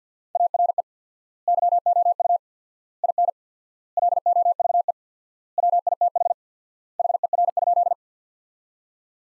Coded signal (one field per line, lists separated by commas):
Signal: Morse code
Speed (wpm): 50 wpm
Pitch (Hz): 700 Hz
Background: none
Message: ARE YOU IN LOVE WITH HER?